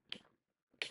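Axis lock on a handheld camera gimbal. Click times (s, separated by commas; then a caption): 0.8 s. A small axis lock on the side of a Zhiyun Crane M2S handheld camera gimbal, which holds the light-mounted section from turning, is engaged by hand. Two sharp plastic clicks are heard, a first at 0.1 s and a louder one at 0.8 s, and the lock clicks into place, seated at 0.8 s.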